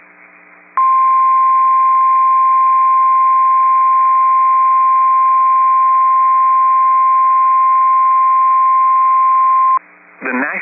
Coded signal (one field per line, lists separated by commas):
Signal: Emergency Alert System (SAME) tones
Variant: 1050 Hz attention tone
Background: speech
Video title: Flash Flood Warning On WXL78 6/24/22 (EAS #1312)